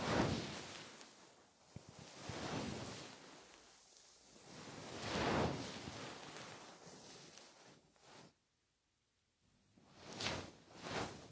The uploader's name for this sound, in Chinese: 温柔的鹅毛棒！耳朵清洁